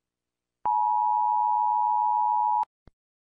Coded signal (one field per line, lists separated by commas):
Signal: Emergency Alert System (SAME) tones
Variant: 853 and 960 Hz attention tone